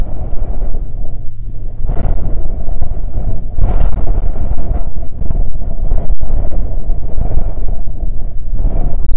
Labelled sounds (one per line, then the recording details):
songbird
wind
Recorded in the Prudhoe Bay oil fields, Alaska, on 13 July 2019 at 08:19
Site 16